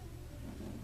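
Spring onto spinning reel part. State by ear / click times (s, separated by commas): not seated / none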